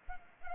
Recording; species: mosquito wingbeat signal from an infrared sensor; Culex pipiens